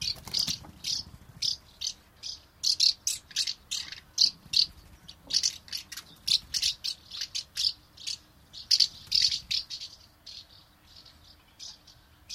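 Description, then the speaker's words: Common house martin song, a long string of dry, rattling call notes delivered in quick succession, thinning out toward the end. Song made by repeating its dry 'prit' call notes in succession; this singing style is called 'rivittelijä'. "Jotkin lajit, kuten keltavästäräkit ja räystäspääskyt, toistelevat laulussaan peräkkäin kutsuääniään."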